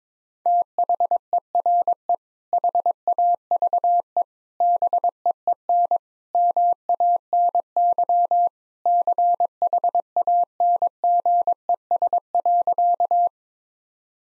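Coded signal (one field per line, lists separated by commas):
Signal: Morse code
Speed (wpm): 22 wpm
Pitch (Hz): 700 Hz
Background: none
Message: THERE HAVE BEEN MANY CHANGES.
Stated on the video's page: Morse practice at 22 wpm: sentences of common three-word phrases, sent, spoken, then sent again.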